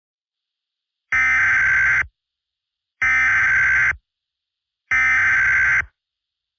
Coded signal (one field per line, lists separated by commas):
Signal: Emergency Alert System (SAME) tones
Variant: header bursts